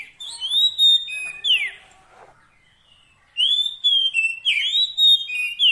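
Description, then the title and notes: Oriental magpie-robin song: long drawn whistles and a downward slur, a pause, then a second phrase of sustained rising and falling whistles. Kacer fill-in (isian) song, played so that a bird becomes a strong singer day and night. "Kacer Jadi Gacor Siang Malam. Isian Kacer"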